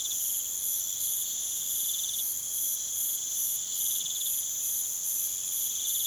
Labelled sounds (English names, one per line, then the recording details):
none
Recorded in pastures near Puerto Asís, Putumayo, Colombia, on 29 June 2025 at 02:00
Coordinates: 0.486, -76.323
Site H29